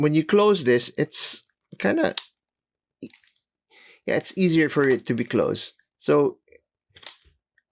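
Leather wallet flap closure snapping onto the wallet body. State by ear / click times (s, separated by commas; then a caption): seated / 7.1 s. Someone talks while closing the flap of a leather wallet, whose snap closure needs a bit more force than a weaker one. The flap's snap clicks into place on the wallet body at 7.1 s, and the wallet is snapped shut.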